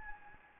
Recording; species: mosquito wingbeat signal from an infrared sensor; Anopheles gambiae